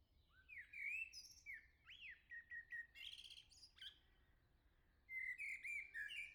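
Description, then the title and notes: Common blackbird song, a flowing string of rich whistled notes and rising slurs, broken by a high twittered flourish, then another mellow whistled phrase starts. "Le Merle salue l'été, 3 Gd Rue de Chassagne, 17220 La Jarrie, France. Quel Sol!!!! pour saluer l'arrivée de l'été ce matin! Merci Jolie Merle de tes vocalises à proximité!"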